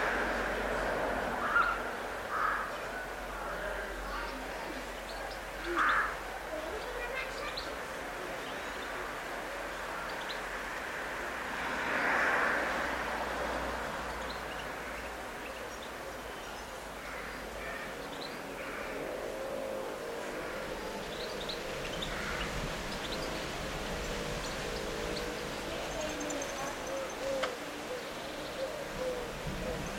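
Late-afternoon backyard ambience with a steady low hum of traffic, scattered bird chirps, faint voices, and a brief swell of passing noise midway.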